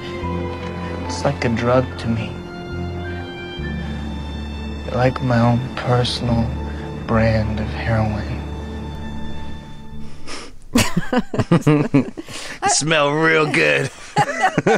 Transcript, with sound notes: it's like a drug to me. You're like my own personal brand of heroin.
(Laughter).
You smell real good.